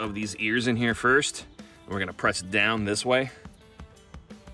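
A metal brake pad is being fitted into the caliper bracket of a Honda Odyssey, bottom ears first, then pressed down toward the steel abutment clips, while someone talks over faint background music. A few short, light metallic taps follow near 3.8, 4.1, 4.3 and 4.5 seconds. The pad has not popped into position yet; nothing has seated.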